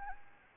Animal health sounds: mosquito wingbeat signal from an infrared sensor; Anopheles gambiae

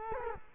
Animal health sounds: mosquito wingbeat signal from an infrared sensor; Culex quinquefasciatus

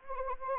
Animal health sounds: mosquito wingbeat signal from an infrared sensor; Anopheles arabiensis

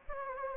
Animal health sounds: mosquito wingbeat signal from an infrared sensor; Anopheles gambiae

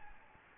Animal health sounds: mosquito wingbeat signal from an infrared sensor; Anopheles gambiae

